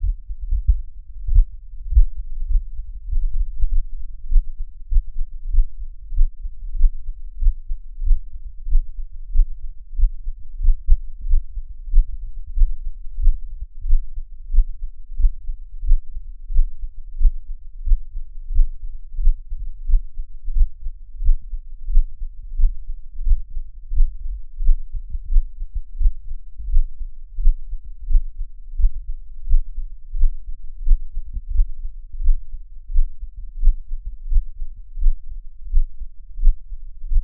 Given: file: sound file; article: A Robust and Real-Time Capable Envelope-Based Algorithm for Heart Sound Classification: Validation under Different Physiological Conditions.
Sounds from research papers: heart sounds by electronic stethoscope; after 5 min of sport; deep; sitting; Erb’s point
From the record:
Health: healthy, no known heart disease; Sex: male

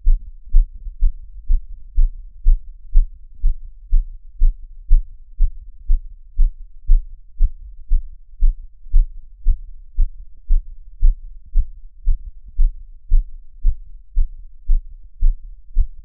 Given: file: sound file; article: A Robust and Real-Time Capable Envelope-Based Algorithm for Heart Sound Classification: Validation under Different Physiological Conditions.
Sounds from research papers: heart sounds by electronic stethoscope; after 5 min of sport; deep; sitting; Erb’s point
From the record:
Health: healthy, no known heart disease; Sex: male

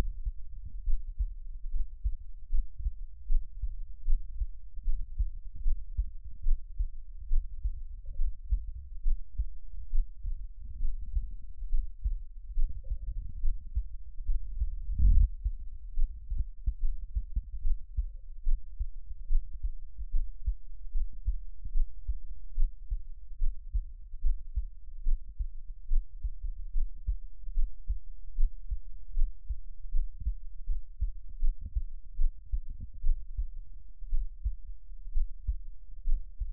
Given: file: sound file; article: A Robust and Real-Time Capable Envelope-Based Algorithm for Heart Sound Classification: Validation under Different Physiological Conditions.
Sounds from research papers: heart sounds by electronic stethoscope; rest; normal; lying on stomach; Erb’s point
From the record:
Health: healthy, no known heart disease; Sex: male

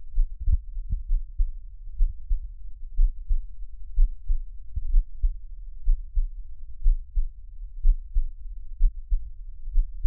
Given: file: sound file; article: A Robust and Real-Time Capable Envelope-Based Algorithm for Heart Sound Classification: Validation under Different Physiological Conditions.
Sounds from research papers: heart sounds by electronic stethoscope; rest; normal; sitting; Erb’s point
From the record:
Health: healthy, no known heart disease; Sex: male

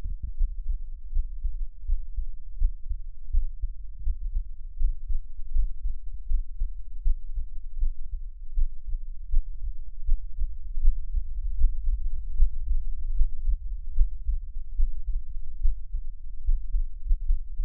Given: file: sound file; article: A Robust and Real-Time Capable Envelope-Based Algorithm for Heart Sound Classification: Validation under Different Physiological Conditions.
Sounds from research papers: heart sounds by electronic stethoscope; rest; deep; sitting; Erb’s point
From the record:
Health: healthy, no known heart disease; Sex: male

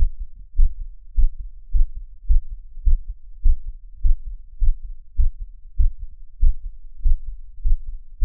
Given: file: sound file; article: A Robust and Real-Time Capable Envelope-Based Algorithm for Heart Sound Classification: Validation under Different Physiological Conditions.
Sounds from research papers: heart sounds by electronic stethoscope; after 5 min of sport; deep; sitting; Erb’s point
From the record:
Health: healthy, no known heart disease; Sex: male

